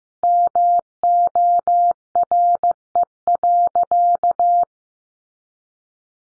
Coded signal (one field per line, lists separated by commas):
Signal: Morse code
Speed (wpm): 15 wpm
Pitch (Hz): 700 Hz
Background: none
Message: MORE.